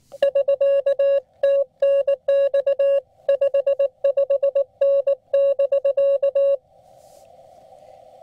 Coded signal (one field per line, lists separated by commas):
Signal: Morse code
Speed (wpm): 20 wpm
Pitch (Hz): 560 Hz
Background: none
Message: <SK> TNX 55N <BK>